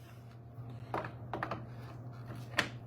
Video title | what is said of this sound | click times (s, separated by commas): Modular Mounting System Debut | clicks into place | 2.6 s